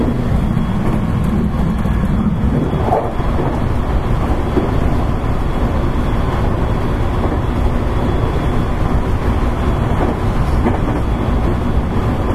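Running noise inside a moving train, a dense, steady low rumble that fills the whole clip at constant loudness. A faint hum sits under the roar early on and fades after about two seconds, with soft rattles and clunks scattered throughout.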